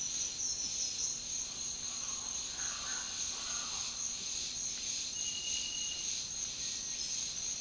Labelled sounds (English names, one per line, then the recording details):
Speckled Chachalaca
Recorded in dense forest near Puerto Asís, Putumayo, Colombia, on 21 February 2024 at 07:00
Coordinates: 0.502, -76.324
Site G6370